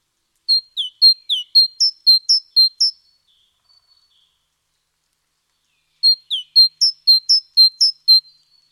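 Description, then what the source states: Great tit giving two phrases of around ten quick high whistles and downslurs, separated by a few seconds of silence. Nominate subspecies Parus major major; Indonesian name gelatik batu.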